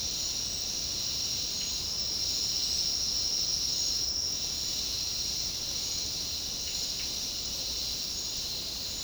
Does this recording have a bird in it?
no